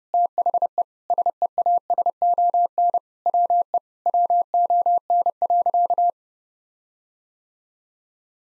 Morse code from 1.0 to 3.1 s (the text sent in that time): SEASON